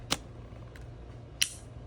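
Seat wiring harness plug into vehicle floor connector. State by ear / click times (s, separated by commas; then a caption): seated / 1.4 s. While refitting the driver's seat of a Ford F-150/F-250, the seat wiring harness plug is pushed into its mating connector on the vehicle floor. A sharp tick at 0.1 s and a faint one near 0.8 s come before a loud, crisp snap at 1.4 s as the plug seats fully. The connection is confirmed done.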